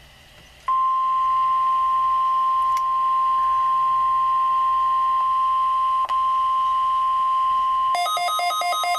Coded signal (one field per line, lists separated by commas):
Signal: Emergency Alert System (SAME) tones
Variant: 1050 Hz attention tone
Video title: EAS - Required Weekly Test 12/18/2024 (NOAA Weather Radio)